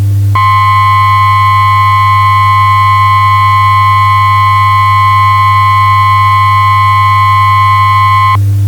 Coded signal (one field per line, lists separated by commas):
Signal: Emergency Alert System (SAME) tones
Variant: 1050 Hz attention tone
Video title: eas for a special nightclub warning